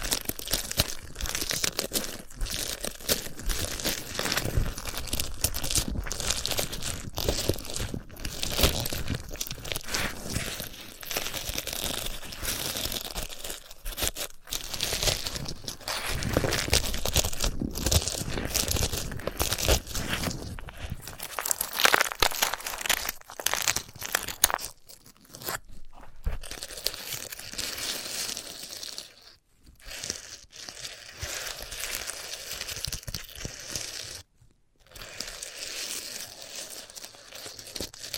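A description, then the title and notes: Dry crinkling and tearing sounds from handling a sunflower head, dense and nearly continuous, with crisp rustles and crunches reaching high into the treble. The scratching is busiest in the first twenty seconds, then thins, with brief silent gaps near 25, 29 and 34 seconds. ASMR of a Sunflower Head (No Talking).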